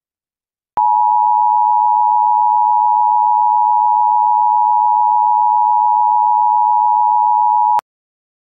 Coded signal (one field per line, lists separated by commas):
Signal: Emergency Alert System (SAME) tones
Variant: 853 and 960 Hz attention tone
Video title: EAS Mock Up: January 25th, 2021 Fultondale, Alabama EF-3 Tornado Warning